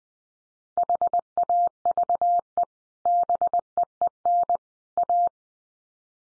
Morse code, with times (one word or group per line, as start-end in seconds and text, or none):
0.8-2.6 HAVE
3.1-4.6 BEEN
5.0-5.3 A